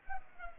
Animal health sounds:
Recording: mosquito wingbeat signal from an infrared sensor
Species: Culex pipiens

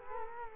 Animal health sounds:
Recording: mosquito wingbeat signal from an infrared sensor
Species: Culex quinquefasciatus

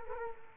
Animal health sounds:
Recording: mosquito wingbeat signal from an infrared sensor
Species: Culex quinquefasciatus

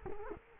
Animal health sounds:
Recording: mosquito wingbeat signal from an infrared sensor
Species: Culex quinquefasciatus

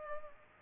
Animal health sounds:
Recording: mosquito wingbeat signal from an infrared sensor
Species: Culex pipiens

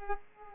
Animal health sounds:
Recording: mosquito wingbeat signal from an infrared sensor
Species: Culex pipiens

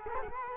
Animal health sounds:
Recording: mosquito wingbeat signal from an infrared sensor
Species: Culex quinquefasciatus

